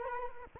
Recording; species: mosquito wingbeat signal from an infrared sensor; Culex quinquefasciatus